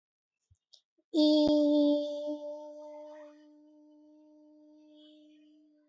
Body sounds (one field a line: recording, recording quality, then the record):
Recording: sustained vowel as in beet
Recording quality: excellent, no background noise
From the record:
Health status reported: healthy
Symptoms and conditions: none ticked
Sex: female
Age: 33 years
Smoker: not ticked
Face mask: worn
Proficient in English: yes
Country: India